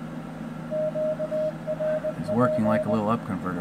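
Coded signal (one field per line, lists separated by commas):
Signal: Morse code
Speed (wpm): 20 wpm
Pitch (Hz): 620 Hz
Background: speech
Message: QRP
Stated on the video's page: Morse signal generated by an Etherkit Si5351a doing up-conversion.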